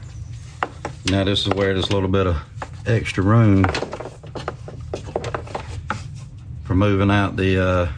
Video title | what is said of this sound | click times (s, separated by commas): 2017 Tacoma-Installing LED headlights and Fog lights / Walk around!! | listen for that click | 0.6 s